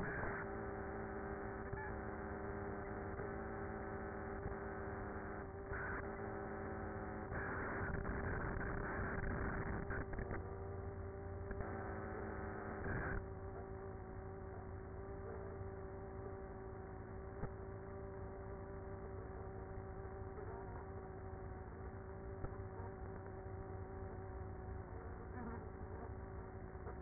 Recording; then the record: honeybee colony, microphone inside the hive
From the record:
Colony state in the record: queenless with a low population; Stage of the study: after two queens were removed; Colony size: about 30,000 bees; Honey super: no